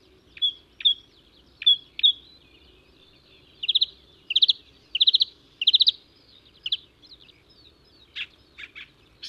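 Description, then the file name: Marsh Warbler song, a varied run of high chattering phrases and buzzy trills with short pauses, some notes repeated in quick bursts, over a faint low hum. "suara-kicauan-burung-marsh-warbler omkicau"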